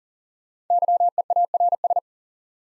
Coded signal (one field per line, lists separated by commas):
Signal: Morse code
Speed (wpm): 40 wpm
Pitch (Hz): 700 Hz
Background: none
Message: YEARS